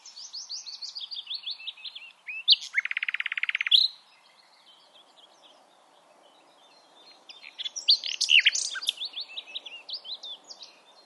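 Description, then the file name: Common nightingale song, descending chirps leading into a loud dry rattle, a pause, then a rich jumbled phrase. "Luscinia megarhynchos"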